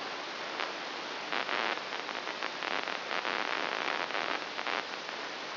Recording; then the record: brain microelectrode recording played as sound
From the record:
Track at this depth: inside the subthalamic nucleus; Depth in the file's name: 4.002 mm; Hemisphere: right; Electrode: 3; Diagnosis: Parkinson's disease